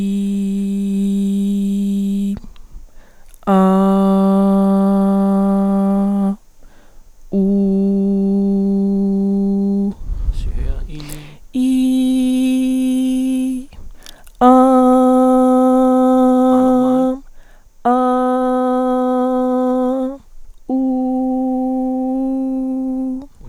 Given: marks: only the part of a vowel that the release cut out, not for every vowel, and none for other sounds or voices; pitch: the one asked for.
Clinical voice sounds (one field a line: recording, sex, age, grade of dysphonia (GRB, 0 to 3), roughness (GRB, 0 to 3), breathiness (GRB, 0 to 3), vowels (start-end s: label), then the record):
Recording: sustained vowels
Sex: female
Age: 30 to 39 years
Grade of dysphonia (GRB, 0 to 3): 0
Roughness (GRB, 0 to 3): 0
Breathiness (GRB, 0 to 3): 0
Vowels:
0.00-2.00 s: vowel /i/, normal pitch
3.87-5.87 s: vowel /a/, normal pitch
7.72-9.71 s: vowel /u/, normal pitch
11.60-13.46 s: vowel /i/, high pitch
17.90-19.89 s: vowel /a/, high pitch
20.77-22.77 s: vowel /u/, high pitch
From the record:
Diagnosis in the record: healthy voice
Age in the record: 31 years